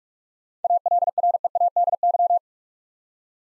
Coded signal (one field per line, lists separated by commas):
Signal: Morse code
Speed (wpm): 42 wpm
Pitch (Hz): 700 Hz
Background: none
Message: ALREADY